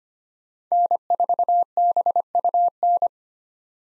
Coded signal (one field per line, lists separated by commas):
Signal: Morse code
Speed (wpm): 25 wpm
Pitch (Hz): 700 Hz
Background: none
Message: N4BUN